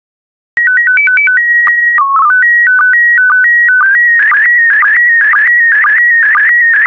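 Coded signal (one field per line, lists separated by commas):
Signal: SSTV (slow-scan television)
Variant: PD 120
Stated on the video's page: SSTV transmission in PD120 mode carrying wildlife photos.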